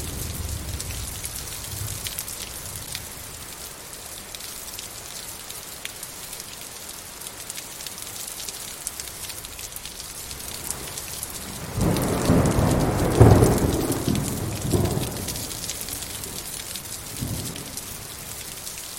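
Steady, dense rain hisses throughout, with a low rumble of thunder swelling from about twelve to fifteen seconds and a brief echo near seventeen.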